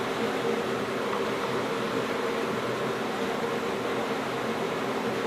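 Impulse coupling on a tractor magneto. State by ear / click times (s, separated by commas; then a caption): not seated / none. The engine of a rusty 1953 Gravely Model L tractor is turned over by hand again, near top dead center, to engage the impulse coupling on its magneto. Only a steady, even broadband hum is heard, with no sudden sounds. The impulse coupling fails to latch again, and nothing has clicked yet.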